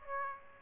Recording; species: mosquito wingbeat signal from an infrared sensor; Aedes aegypti